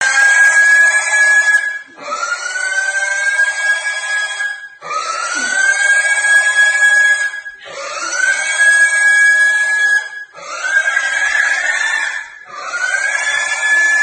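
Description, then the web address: Pig giving loud, piercing squeals, several drawn-out screams separated by brief breaks. Squealing from fear. "prase pisaso ot strah"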